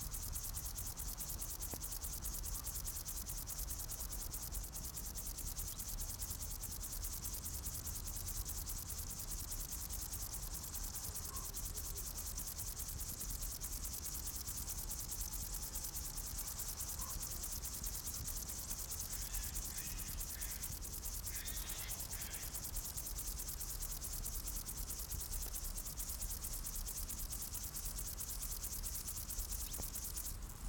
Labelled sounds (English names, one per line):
Upland Field Grasshopper stridulation